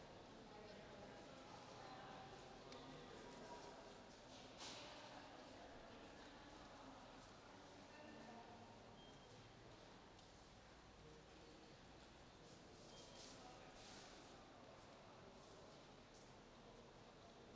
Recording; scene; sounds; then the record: everyday scene through a hearing-aid microphone; reverberant space; background noise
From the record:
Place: railway station hall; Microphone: in the ear canal, left